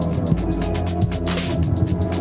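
A trap-style beat played on a keyboard: rapid, steady hi-hat ticks over a sustained, humming low bass, with a brief noisy swell partway through. No one speaks.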